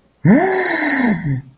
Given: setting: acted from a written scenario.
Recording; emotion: vocal sound without words; positive surprise